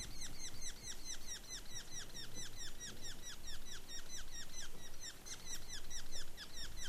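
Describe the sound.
Sapsucker: a busy, unbroken run of short nasal notes, each falling in pitch, repeated several times a second with slight overlap, above constant low-pitched background noise.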